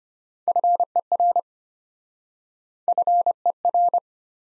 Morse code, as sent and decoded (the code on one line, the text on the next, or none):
..-. . .-. / ..-. . .-.
FER FER